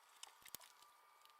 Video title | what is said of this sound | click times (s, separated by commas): Easily Fix A Honda Accord Backup Camera With A Black Screen! | Got the new one clicked into place right there. | 0.6 s